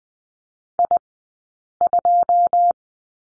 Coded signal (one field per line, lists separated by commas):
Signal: Morse code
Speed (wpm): 20 wpm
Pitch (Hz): 700 Hz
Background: none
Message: I2